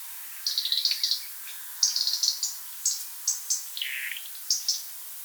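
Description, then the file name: European robin delivering clipped high twittering phrases and single sharp notes, including one lower note that dips and then rises. "rotkehlchen"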